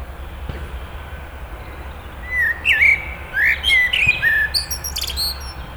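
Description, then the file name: Eurasian blackbird song: a few low, fluted warbling notes rising and falling, ending in thin, high squeaky twitters, over a steady low rumble. "Turdus merula"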